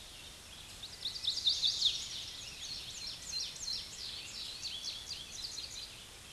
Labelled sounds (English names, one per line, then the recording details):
Chestnut-sided Warbler song
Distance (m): 25 m
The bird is about 5 m above the microphone
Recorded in a Pennsylvania forest on 16 May 2024 at 08:51
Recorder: AudioMoth, point MSD-2456
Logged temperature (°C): 16.4 °C
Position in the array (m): 200 m, 85 m